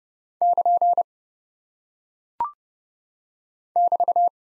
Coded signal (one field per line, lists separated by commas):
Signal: Morse code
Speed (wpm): 30 wpm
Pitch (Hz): 700 Hz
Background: none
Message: <KN> <BT>